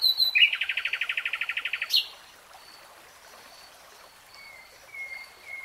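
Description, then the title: Nightingale song: a rapid, even rattle of many notes, ending abruptly, followed by faint whistles. Singing in real time. "Tiếng chim hót Nightingale Singing"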